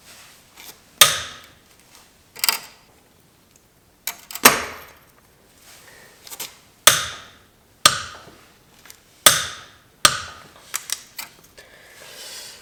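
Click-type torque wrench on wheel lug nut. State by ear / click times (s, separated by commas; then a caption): torque reached / 1.0 s, 6.9 s, 7.9 s, 9.3 s. Lug nuts on a car wheel are tightened with a DeWalt 1/2-inch click-type torque wrench, which clicks at its set torque at 1.0, 6.9, 7.9 and 9.3 seconds. Each click is a sharp, loud snap with a short, bright ring that fades. Softer knocks and ratcheting handling noises fall between the clicks.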